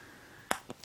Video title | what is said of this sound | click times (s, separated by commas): BUILD LOG: RE/100 Bawoo FINALE (PART 3) | just like that and there's a nice little click when you push those together | 0.5 s